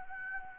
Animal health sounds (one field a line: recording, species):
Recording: mosquito wingbeat signal from an infrared sensor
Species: Anopheles gambiae